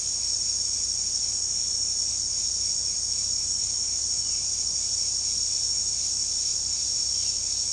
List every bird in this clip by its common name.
none